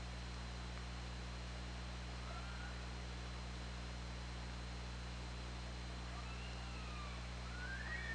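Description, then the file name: Orca calls: a few faint whistle-like sweeps, one rising sharply near the end, over steady low-frequency hum and hiss. Hydrophone, 24 August 2017. "Orca Lab"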